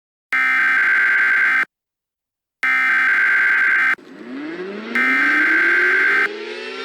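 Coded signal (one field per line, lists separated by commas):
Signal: Emergency Alert System (SAME) tones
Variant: header bursts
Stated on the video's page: Fictional EAS scenario, not a real alert.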